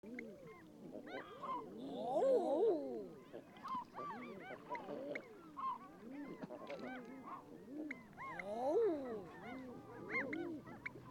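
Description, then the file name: Common eiders cooing in a group, many soft rising-and-falling 'ah-oo' notes overlapping, with some higher short calls in the background. "Edredone"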